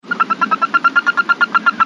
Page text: Sounds of Black Toad - Anaxyrus exsul